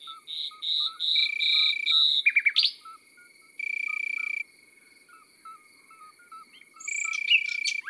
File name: Rossignol philomele Chants doiseaux dans la campagne